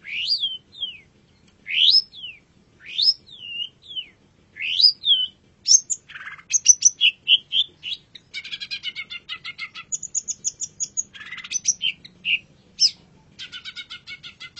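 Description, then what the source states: Long-tailed shrike song, a varied run of sharp falling whistles and harsh chattering notes, with rapid buzzy trills in quick succession. Champion songbird.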